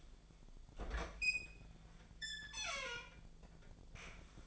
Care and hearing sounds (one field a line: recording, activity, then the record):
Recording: daily activity, microphone in the room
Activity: open fridge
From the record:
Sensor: 5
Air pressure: 1009.8 hPa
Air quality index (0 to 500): 160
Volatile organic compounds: 4 ppm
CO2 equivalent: 1562 ppm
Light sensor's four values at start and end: 120/309/129/137 and 123/313/131/139